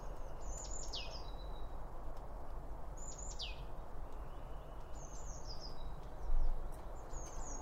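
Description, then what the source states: Birds giving sharp high chirps with steeply falling notes, a burst about every two seconds, over steady low noise. Birds around a bird feeder, recorded with two OM 1 microphones from Line Audio.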